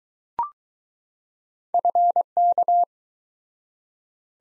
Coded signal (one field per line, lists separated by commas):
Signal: Morse code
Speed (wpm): 20 wpm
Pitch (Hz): 700 Hz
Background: none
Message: FK